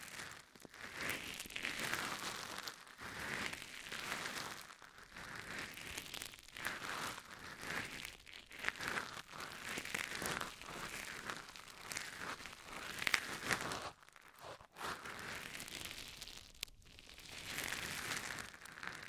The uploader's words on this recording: ASMR Intense Ear Massage. (No Talking).